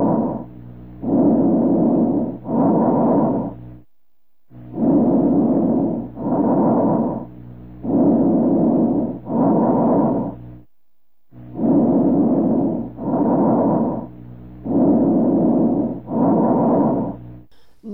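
Normal bronchovesicular breath sounds heard through a stethoscope on an adult chest, about 19 breaths per minute; the sound is about equal in length and loudness during inspiration and expiration.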